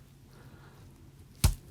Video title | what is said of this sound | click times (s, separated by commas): Adam Savage Handles a REAL Samurai Sword! | It pops out. Oh, perfect. That was amazing. | 1.4 s